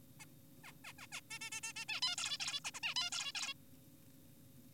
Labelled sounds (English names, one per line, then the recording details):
Zebra Finch
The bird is an adult
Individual g4p5U